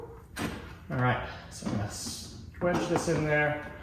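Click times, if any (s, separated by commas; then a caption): none. Someone talks while fitting the socket end of a replacement gas hood strut onto the metal ball stud on the hood hinge of a Lexus RX. A short handling knock is heard near 0.4 s among the speech. Nothing has seated or clicked yet.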